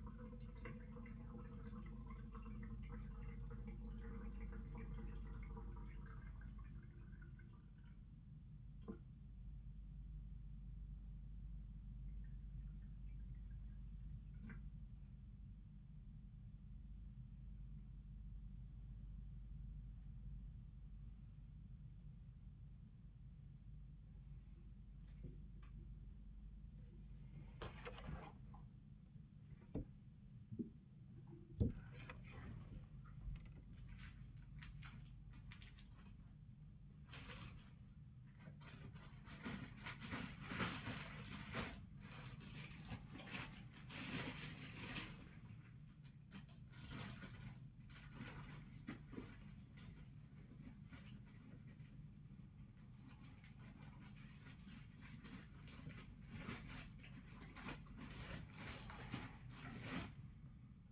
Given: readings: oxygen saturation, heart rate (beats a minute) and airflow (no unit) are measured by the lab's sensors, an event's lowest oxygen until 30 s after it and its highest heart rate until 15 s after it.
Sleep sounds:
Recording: a person awake in a sleep study, by a smartphone at the bedside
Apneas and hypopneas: none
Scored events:
0.00-60.92 s: awake
From the record:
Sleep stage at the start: awake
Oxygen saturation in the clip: 93 to 96%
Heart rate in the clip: 56 to 124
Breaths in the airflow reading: 13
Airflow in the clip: -17.4 to 20.7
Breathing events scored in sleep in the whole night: 400 in 8.7 hours asleep

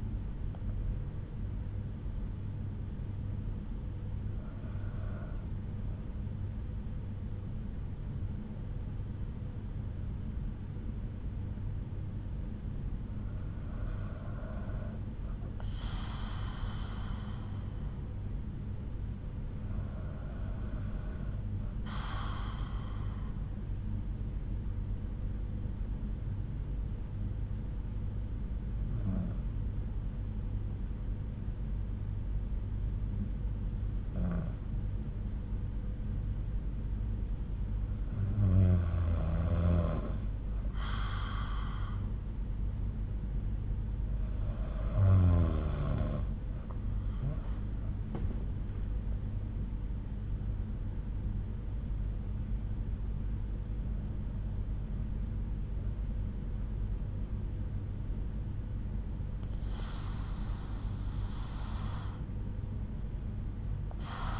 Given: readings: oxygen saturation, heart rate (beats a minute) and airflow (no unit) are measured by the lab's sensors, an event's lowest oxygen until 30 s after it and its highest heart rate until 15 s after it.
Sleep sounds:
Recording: breathing in sleep by a smartphone at the bedside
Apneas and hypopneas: 1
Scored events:
10.00-40.00 s: new sleep stage, N2 (light sleep)
12.00-44.80 s: hypopnea (N2, oxygen 96% highest, then 90% lowest)
40.00-64.40 s: new sleep stage, N1 (lightest sleep)
From the record:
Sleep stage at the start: N1 (lightest sleep)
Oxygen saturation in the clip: 90 to 96%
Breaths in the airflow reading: 12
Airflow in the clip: -7.2 to 7.7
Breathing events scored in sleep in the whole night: 368 in 8.0 hours asleep

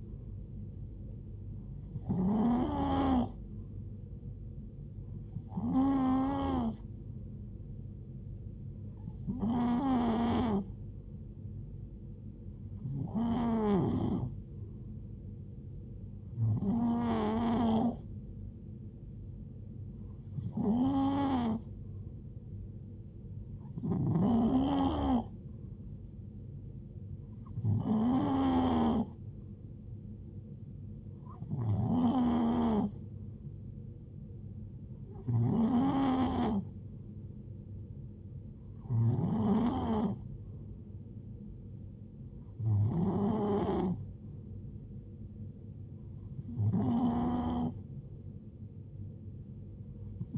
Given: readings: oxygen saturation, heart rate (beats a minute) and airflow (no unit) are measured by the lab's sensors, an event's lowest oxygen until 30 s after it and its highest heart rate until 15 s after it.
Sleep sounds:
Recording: breathing in sleep by a smartphone at the bedside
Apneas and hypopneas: none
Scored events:
39.00-50.38 s: new sleep stage, N3 (deep sleep)
From the record:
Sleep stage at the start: N2 (light sleep)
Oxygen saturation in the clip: 91 to 92%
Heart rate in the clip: 65 to 73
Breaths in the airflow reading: 14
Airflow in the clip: -4.7 to 2.5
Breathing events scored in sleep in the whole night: 389 in 6.3 hours asleep

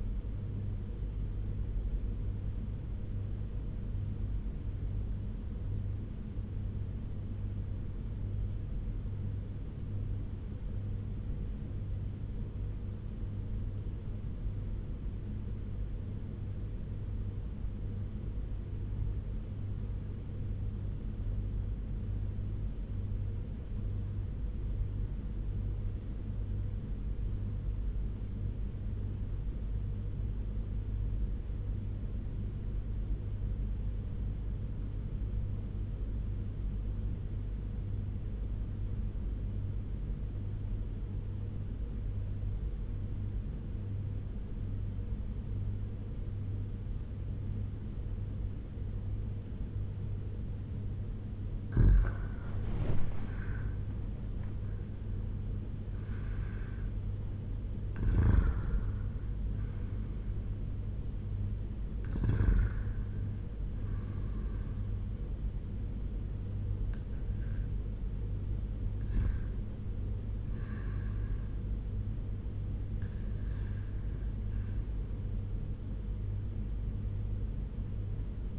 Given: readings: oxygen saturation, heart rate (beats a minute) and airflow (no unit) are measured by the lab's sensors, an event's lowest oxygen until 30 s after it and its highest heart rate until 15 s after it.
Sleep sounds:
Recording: breathing in sleep by a smartphone at the bedside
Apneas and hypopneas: 1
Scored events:
3.00-51.90 s: obstructive apnea (REM, oxygen 97% highest, then 84% lowest, heart rate 82 at the start, 91 highest)
From the record:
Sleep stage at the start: REM sleep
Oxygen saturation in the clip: 84 to 97%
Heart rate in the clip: 48 to 91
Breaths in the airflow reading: 6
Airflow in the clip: -7.6 to 5.8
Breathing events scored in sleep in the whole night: 201 in 6.5 hours asleep

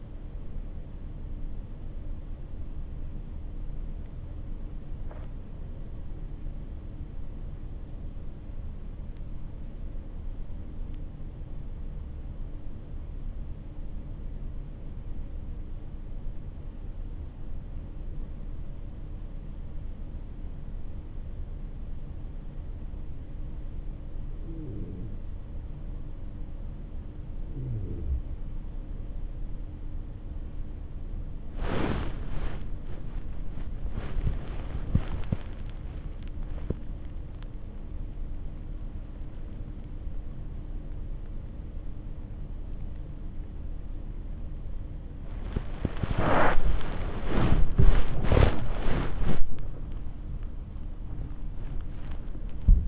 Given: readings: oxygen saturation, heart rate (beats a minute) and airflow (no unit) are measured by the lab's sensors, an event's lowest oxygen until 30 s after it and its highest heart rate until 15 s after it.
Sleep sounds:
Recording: breathing in sleep by a smartphone at the bedside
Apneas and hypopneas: 1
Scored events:
13.00-34.80 s: hypopnea (N1, oxygen 97% highest, then 95% lowest)
From the record:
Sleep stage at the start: N1 (lightest sleep)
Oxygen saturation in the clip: 90 to 97%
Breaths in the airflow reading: 11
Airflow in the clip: -15.3 to 9.9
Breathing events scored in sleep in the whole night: 304 in 5.6 hours asleep

